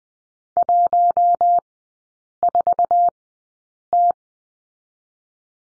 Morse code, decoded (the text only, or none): 14T